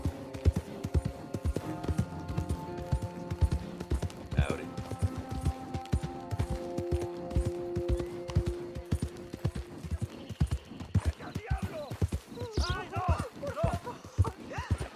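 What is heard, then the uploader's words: A horse's hooves clip-clop in a steady, fairly quick rhythm through the whole fifteen seconds. Beneath the hoofbeats runs a low, sustained hum with some tonal lines, and around the middle and toward the end a few rising voice-like calls break through. The ambient sounds of the wilderness, wildlife, and weather. The gentle clip-clop of our horse's hooves.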